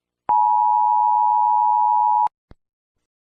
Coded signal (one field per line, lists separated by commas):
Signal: Emergency Alert System (SAME) tones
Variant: 853 and 960 Hz attention tone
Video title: War of the worlds in Oklahoma 2005￼ eas scenario ￼Halloween special